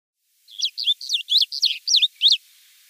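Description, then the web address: Striated bunting singing one brisk, jaunty phrase of several clipped, high chirping notes delivered evenly over roughly two seconds, with quiet background. "Schulze Peter Striated Bunting song"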